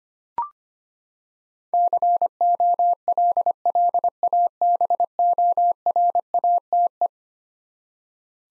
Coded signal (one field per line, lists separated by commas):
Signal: Morse code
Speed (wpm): 25 wpm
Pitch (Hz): 700 Hz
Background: none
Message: COLLABORATE